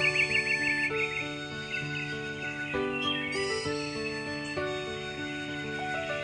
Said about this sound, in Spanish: ¡Ya amaneció! ¡Escuchen los pajaritos cómo cantan!